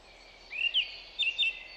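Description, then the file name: Song thrush song: a short whistled phrase, then after a brief pause another short phrase, over a faint steady hiss. "Zanglijster Turdus philomelos"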